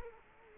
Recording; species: mosquito wingbeat signal from an infrared sensor; Culex quinquefasciatus